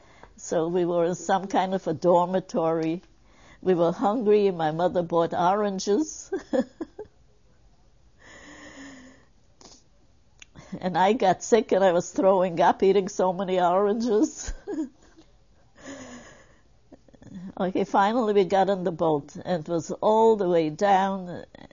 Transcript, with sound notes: So we were in some kind of a dormitory. We were hungry and my mother bought oranges. (laughs) And I got sick and I was throwing up, eating so many oranges. Finally we got on the boat and it was all the way down.